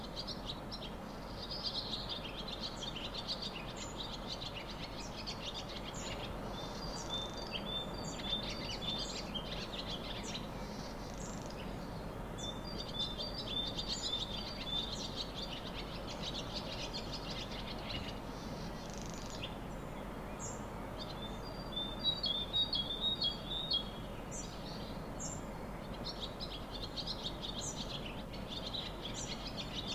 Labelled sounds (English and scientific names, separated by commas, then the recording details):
Barn Swallow (Hirundo rustica)
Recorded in the wild
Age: adult
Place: Untertweng, AT
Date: 1972-05-12
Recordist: Brunner, Thomas
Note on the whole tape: Ufnahme: Untertweng, Gegental, Kärnten